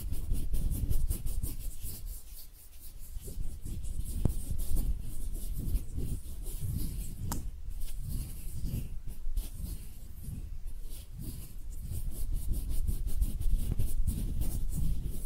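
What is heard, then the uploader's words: Hands rub and brush against each other in a continuous, dense scratchy texture with low thumps, steady throughout, with sharp ticks near 4 and 7 seconds. ASMR Relaxing Hand Sounds (No Talking).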